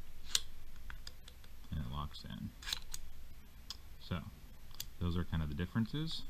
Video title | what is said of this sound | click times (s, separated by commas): KAK Shockwave Blade 2.0 (watch before ordering) | you can adjust it for length locks in so | 0.3 s